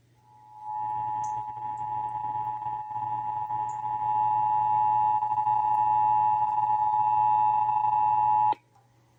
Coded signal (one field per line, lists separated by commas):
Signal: Emergency Alert System (SAME) tones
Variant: 853 and 960 Hz attention tone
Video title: (EAS #763-772) December 2024 Texas Required Monthly Test